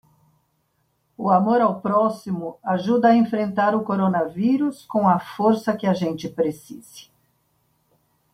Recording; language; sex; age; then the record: spoken sentence; Brazilian Portuguese; female; 60 to 69 years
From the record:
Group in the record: control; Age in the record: 67 years